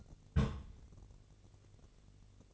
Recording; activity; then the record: daily activity, microphone in the room; place on stove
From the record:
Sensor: 4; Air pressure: 1000.1 hPa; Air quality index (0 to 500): 225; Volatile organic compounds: 28 ppm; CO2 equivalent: 2908 ppm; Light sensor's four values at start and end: 9/20/8/8 and 9/20/8/7